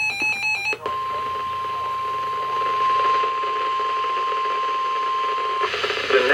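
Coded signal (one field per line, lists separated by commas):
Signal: Emergency Alert System (SAME) tones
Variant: 1050 Hz attention tone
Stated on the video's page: SAME tones from NOAA weather radio stations broadcasting marine warnings, flood watches and warnings.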